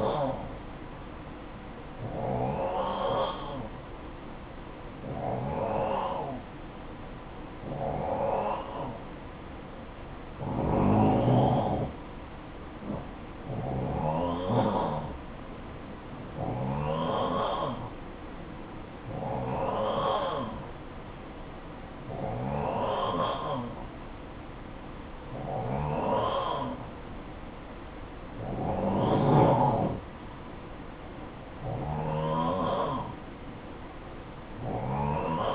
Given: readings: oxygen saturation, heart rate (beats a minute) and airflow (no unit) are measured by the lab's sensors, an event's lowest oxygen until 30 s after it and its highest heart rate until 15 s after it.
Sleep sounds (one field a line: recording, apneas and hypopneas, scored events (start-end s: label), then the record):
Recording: breathing in sleep by a voice recorder at the bedside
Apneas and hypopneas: none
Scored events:
none scored
From the record:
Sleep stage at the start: N1 (lightest sleep)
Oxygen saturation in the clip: 91 to 92%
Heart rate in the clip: 53 to 60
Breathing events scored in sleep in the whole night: 573 in 9.8 hours asleep